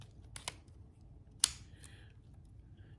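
A KastKing Sharky long-cast fishing reel's handle and engagement mechanism is flipped over with only a light click rather than a hard push. A couple of faint ticks come at about 0.4 and 0.5 s before a sharp click at 1.4 s. The lever clicks over but does not fully engage the spool, a fault caused by giving it just a little click instead of popping it over hard.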